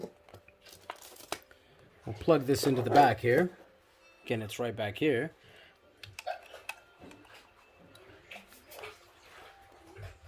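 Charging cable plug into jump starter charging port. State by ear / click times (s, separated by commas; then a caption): not seated / none. A charging cable plug is handled at the charging port on the back of a Loftek portable jump starter while someone talks, with scattered small sharp clicks and rustling handling sounds. The plug has not yet snapped into the port, and nothing has seated or clicked yet.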